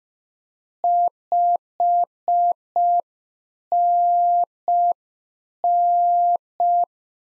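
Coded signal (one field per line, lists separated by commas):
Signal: Morse code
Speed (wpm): 5 wpm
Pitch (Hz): 700 Hz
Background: none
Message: 5NN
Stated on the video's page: Beginner practice QSO exchange (RST, QTH, name) at 5 wpm, sent in Morse, then spoken, then sent again for head-copy.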